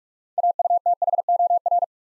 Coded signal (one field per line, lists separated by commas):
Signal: Morse code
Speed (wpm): 44 wpm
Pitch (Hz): 700 Hz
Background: none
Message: AUTHOR